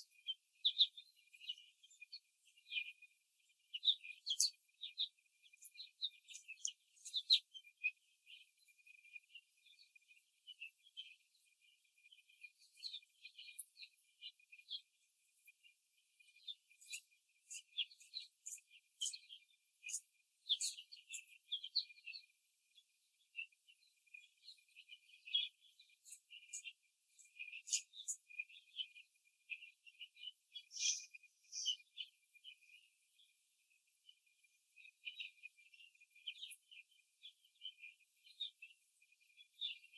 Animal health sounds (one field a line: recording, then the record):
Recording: young laying hens in a cage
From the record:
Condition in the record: before the stressor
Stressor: simulated dog barking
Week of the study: 3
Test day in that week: 2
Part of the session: 3